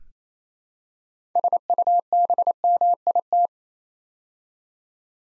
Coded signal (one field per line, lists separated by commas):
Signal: Morse code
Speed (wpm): 28 wpm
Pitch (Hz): 700 Hz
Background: none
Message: SUBMIT